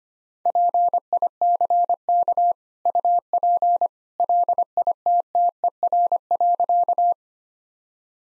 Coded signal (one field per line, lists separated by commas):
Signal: Morse code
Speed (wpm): 25 wpm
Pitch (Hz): 700 Hz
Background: none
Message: PICK UP LITTER.